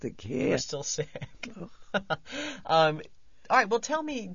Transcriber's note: he laughs